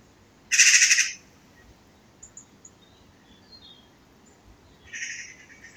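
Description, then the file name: Eurasian magpie giving one loud, rapid, grating chatter burst, followed later by a fainter rattle and a few thin high chirps. "Pica pica"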